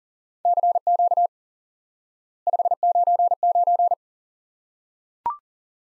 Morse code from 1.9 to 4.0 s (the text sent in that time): 599